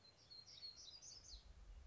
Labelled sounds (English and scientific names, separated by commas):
Black-throated Gray Warbler (Setophaga nigrescens)